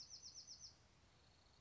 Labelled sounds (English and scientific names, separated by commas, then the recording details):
Bewick's Wren (Thryomanes bewickii)
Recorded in Sonoma County, California